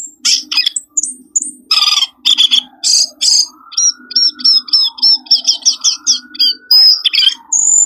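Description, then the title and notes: Bird calls: harsh squawky bursts, then a rapid series of short, identical high notes, with a long, gently wavering lower tone running through. Lure sounds for attracting wary birds that are hard to approach. "Suara Burung Bandel Yang Susah Mendekati. Kompilasi Suara Pikat Burung"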